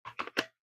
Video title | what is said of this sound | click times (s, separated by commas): New knives for the week, unboxings, chat, and more! | Okay, there we go. That snaps into place. | 0.2 s, 0.4 s